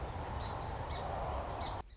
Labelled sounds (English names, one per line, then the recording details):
Song Sparrow
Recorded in Sonoma County, California